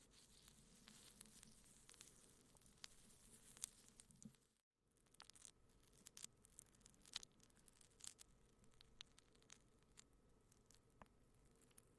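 Plastic wrap is handled softly, giving a steady stream of fine crinkles with sharper crackling snaps scattered throughout. A brief silent gap breaks it near the five-second mark before the dense rustling resumes, with a faint low murmur underneath.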